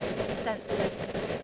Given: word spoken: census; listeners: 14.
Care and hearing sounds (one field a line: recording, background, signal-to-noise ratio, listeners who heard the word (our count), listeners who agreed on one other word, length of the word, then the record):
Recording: one English word in noise, from a listening test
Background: noise modulated by three-talker babble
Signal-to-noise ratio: -4.5 dB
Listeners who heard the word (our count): 4 of 14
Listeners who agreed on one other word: 6 of 14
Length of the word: 1.04 s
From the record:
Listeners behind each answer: 6, 4, 4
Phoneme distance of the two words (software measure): 17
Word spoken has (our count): 2 syllables, 6 phonemes, stress on syllable 1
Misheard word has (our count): 2 syllables, 7 phonemes, stress on syllable 1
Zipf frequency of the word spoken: 3.78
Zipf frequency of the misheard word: 2.95